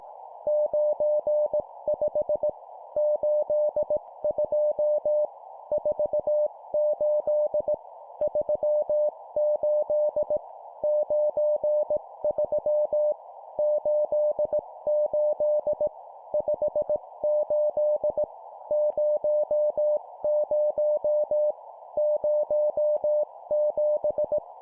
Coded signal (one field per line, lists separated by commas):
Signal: Morse code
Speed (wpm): 18 wpm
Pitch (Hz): 600 Hz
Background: none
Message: 95 82 48 38 93 88 58 00 07